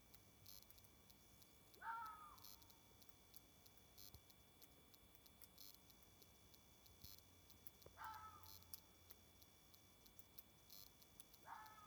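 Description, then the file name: Bird calls: three short, quiet, downward-sliding harmonic notes, several seconds apart, against a faint steady hiss. "fugl"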